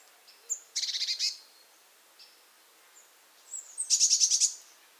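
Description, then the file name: Eurasian blue tit giving scolding churrs: two bursts of rapid harsh buzzy pulses, each led by a thin high whistled note. "Cyanistes caeruleus"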